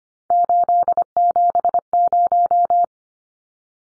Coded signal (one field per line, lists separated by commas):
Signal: Morse code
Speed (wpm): 25 wpm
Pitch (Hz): 700 Hz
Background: none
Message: 870